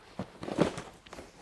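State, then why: Seated. An infant car seat, a Nuna Pipa, is set onto the adapter of a travel stroller frame, with a few soft knocks and rustles around it. It latches with a plastic click at 0.6 s, seated and ready to go.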